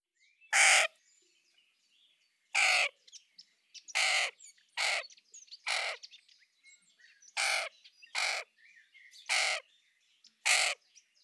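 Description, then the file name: Carrion crow giving harsh, grating caws, nine loud calls spaced roughly one to two seconds apart. "Corvus corone"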